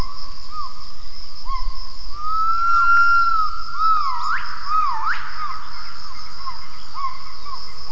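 Gibbon call: clear whistled notes, one held steady, then sharp upward swooping glides, over a constant high background hum.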